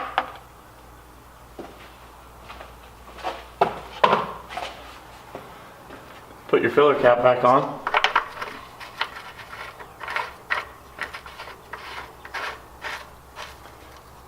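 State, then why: Not seated. An oil filler cap is put back onto the valve cover filler neck of a 5.9 Cummins diesel engine after the engine oil has been refilled, with sharp plastic-and-metal knocks and a rattling burst of handling around 6.5–8 seconds while someone talks. The cap is being turned to click into place, but nothing has seated or clicked yet.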